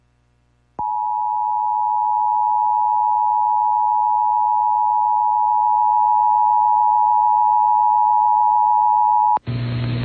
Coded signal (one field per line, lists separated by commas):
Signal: Emergency Alert System (SAME) tones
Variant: 853 and 960 Hz attention tone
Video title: [EAS #2183-2217] Compilation of Alerts from the week of 2/20/23